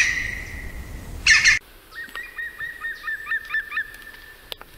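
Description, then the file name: European Green Woodpecker song: a rapid run of about ten short, even, laughing notes over two seconds, after a steady whistle-like tone and a brief harsh rattle. "Picchio verde canto (Picus viridis)"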